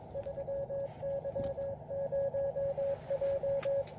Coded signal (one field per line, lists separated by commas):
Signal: Morse code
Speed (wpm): 21 wpm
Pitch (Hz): 550 Hz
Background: radio noise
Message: 3Y0J